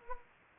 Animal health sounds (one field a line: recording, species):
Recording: mosquito wingbeat signal from an infrared sensor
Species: Anopheles arabiensis